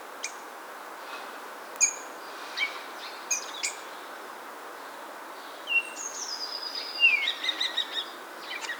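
Common starling song with sparse clicks and short notes, then a long high whistle and a burst of buzzy, chattering phrases toward the end.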